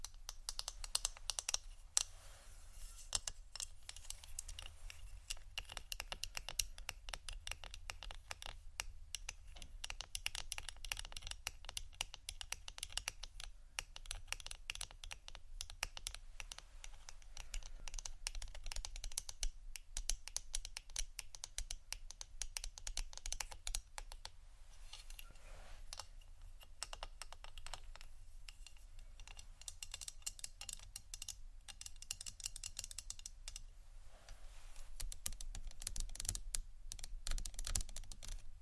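Dense, rapid tapping and rattling of plastic and glass runs throughout, made of many fine, bright clicks with some scratching, much like fast typing. A steady low rumble sits underneath, and the activity swells slightly near the end.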